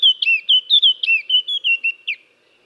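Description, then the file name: Eurasian blackcap song: a short burst of loud, fluty whistles, quick and rolling, ending on a final swooping note. "Sylvia atricapilla"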